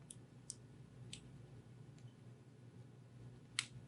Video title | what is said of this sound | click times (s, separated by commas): Lensbusters Leader Retriever | so there we go that was pretty nice loud click | 3.6 s